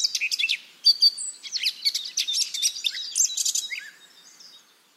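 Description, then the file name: Eurasian blackcap delivering a busy, rich warble of rapid high notes and short slurs, loud at first and fading away over the final second. "Sylvia atricapilla"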